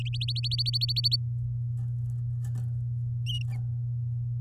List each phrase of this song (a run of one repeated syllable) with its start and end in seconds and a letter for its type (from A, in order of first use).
0.00-1.16 A